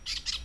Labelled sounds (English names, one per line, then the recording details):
Brown-throated Parakeet contact call
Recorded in Venezuela
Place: Tumeremo, Edo. Bolívar
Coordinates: 7.209, -61.364